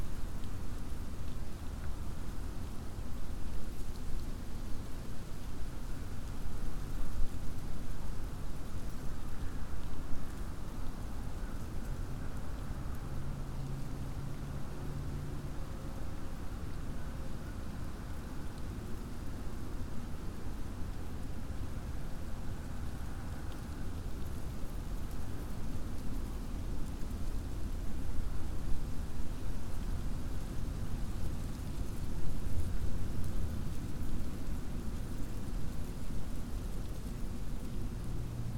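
Wind blows steadily through a burned oak stand, a dense low rushing roar that swells and eases in gentle surges throughout.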